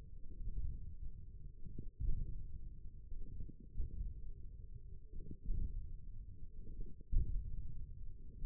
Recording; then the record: forearm muscle sounds (acoustic myography)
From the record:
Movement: hand opening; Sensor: system 1, eight BSWA MPA416 microphones around the upper forearm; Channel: 2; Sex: male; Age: 28 years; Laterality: right